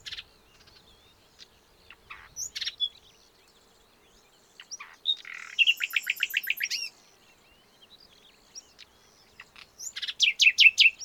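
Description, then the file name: Common nightingale song: soft scattered notes, then a rapid rolling trill of repeated notes, another pause, and a second loud fast trill at the end. "Luscinia megarhynchos"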